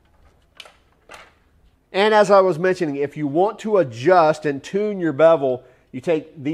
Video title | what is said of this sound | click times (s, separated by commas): FLEX 24V Brushless 12-inch Dual Bevel Miter Saw Review [FX7141] | and again it's going to lock | 0.6 s